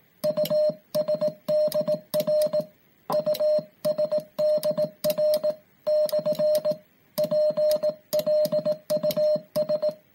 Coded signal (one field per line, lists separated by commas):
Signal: Morse code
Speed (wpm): 18 wpm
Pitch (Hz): 610 Hz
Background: music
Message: USDR USDR / PLUS